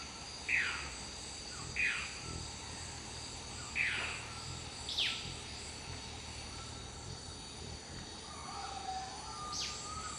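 Dusky-throated antshrike calls: several brief falling notes spaced irregularly, over a steady insect drone.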